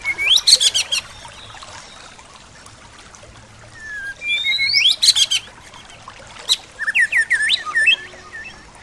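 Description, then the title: Bird giving loud bursts of sharp chirps and tweets, with rising whistled slurs between them and a rapid series of up-sweeping notes near the end. "SuaraBurung Kicau"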